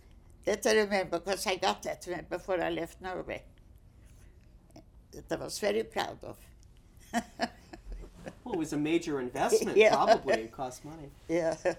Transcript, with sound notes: That I remember, because I got that when -- before I left Norway. That I was very proud of. ( she laughs )
Well, it was a major investment. Probably it costs money.
Yeah.